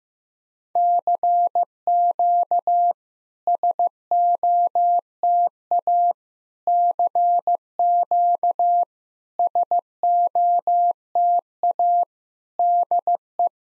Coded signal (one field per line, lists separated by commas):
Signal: Morse code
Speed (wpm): 14 wpm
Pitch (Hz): 700 Hz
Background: none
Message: CQ SOTA CQ SOTA DE